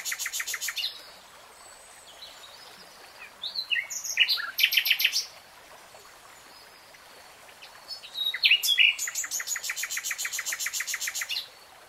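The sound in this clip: Nightingale singing bursts of fast, loud repeated notes and varied chirps, in three phrases separated by quiet pauses.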